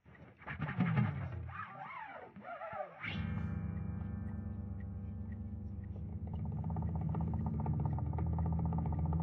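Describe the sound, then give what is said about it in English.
An atmospheric drone sound effect from a free downloadable sample pack: a few seconds of swooping, warbling synthetic tones give way to a steady, sustained low drone that holds and gradually swells, with no voices. “Drones, here we go. Atmospheric.”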